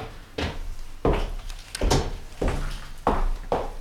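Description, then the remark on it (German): A door outside opens and closes, giving a run of about six dull wooden thumps and rattles at uneven intervals over a low steady rumble. No one speaks. “Und als draußen die Tür ging”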